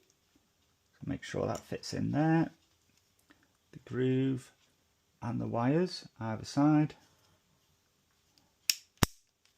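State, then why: Seated. Someone talks while a heater element, its thermal fuse lined up in the groove, is pressed into the plastic plate housing of a GHD Gold S7N261 hair straightener. Two sharp clicks follow at 8.7 s and 9.0 s as the heater element snaps home and seats in the housing.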